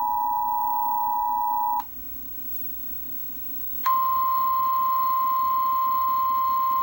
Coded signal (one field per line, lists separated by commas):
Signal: Emergency Alert System (SAME) tones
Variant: 853 and 960 Hz attention tone